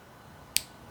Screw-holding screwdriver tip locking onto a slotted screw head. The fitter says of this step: And you hear it lock.